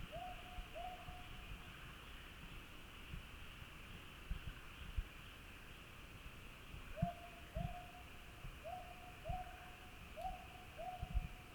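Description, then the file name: Northern boobook hooting in doubled notes: one pair, a pause of several seconds, then a steady run of hoo-hoo pairs. A steady hum and low rumble sit underneath. "aobazuku"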